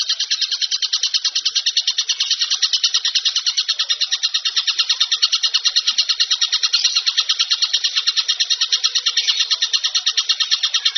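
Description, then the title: Bird giving a steady, fast buzzy chatter of rapidly repeated harsh notes, continuing without pause. Masteran bird-song compilation, described as the most complete. "Masteran burung terlengkap"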